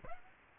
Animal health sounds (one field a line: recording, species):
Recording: mosquito wingbeat signal from an infrared sensor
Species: Aedes aegypti